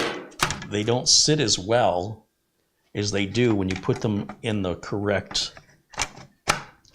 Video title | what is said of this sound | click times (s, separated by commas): LIVE - Building a 4-cam live streamer with yesterdays tech - Featuring NUC 9 EXTREME 9i5QNX | see that snapped right in it was easy peasy and the skull faces the front | 6.5 s